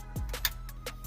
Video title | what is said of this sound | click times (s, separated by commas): 2008 Audi A4 radio removal replacement and install | so you want to take this come over here on this side listen for the click | 0.5 s